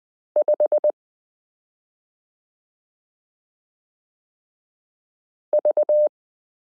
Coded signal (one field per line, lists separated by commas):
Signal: Morse code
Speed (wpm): 20 wpm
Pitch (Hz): 600 Hz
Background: none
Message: 5 V